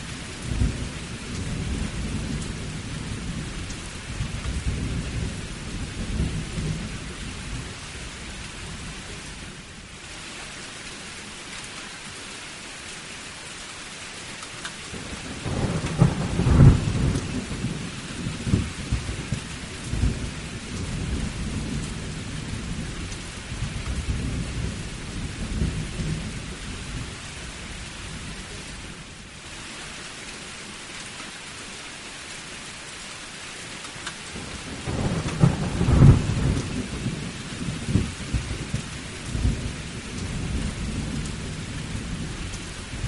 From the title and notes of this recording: A gentle thunderstorm. The rhythm of the raindrops, punctuated by soothing peals of thunder. The echo of distant thunder serves as a reminder of the power and majesty of nature, while the constant patter of rain brings a sense of calm and tranquility.